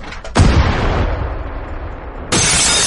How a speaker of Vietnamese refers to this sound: Tiếng súng vang lên, không có dị biến gì xảy ra cả, cũng không có sự khác thường nào xuất hiện.